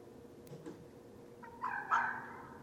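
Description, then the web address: Red fox giving a short, harsh call near the end, after a few faint clicks over a low background hum. Recorded at night on 17 December 2011. "Red Fox 2011 12 17 Red Fox. night-sounds-pt-7-red-foxes"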